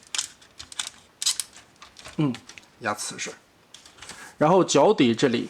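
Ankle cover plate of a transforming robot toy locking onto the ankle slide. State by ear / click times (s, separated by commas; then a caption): seated / 1.2 s. On a Yiwan Tiankai die-cast Jianshen Liaoning Shennong transforming robot toy, the ankle slide is pushed fully up so the upper ankle cover plate can come down onto it. A few light clicks and handling taps lead to a loud click at 1.2 s as the cover plate locks down onto the ankle slide, seating it. Someone then talks.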